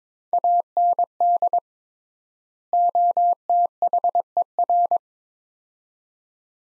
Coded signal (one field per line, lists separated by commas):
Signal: Morse code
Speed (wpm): 22 wpm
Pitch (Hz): 700 Hz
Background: none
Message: AND OTHER